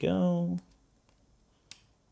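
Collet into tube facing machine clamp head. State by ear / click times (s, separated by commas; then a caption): seated / 1.7 s. Someone talks briefly, then a 1/2 in collet, matched to a 1/2 in tube, is pushed into the clamping head of a Donut Tools TSM-1100 battery tube facing machine. After a faint tick near 1.1 s, the collet seats with one sharp snap at 1.7 s, confirming it is locked in place.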